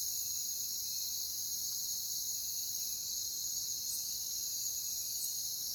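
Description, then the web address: Crickets chirping continuously, a dense high trill with a sharp steady tone inside it, never pausing across the whole stretch. "WLL Grade 1-12 Pre-Uni Library Natures Songs Sleep Sounds of Nature CRICKETS Crickets"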